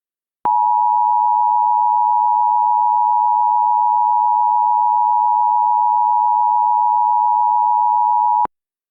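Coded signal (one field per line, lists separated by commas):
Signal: Emergency Alert System (SAME) tones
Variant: 853 and 960 Hz attention tone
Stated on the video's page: Mock Required Monthly Test with valid EAS tones, not a real alert.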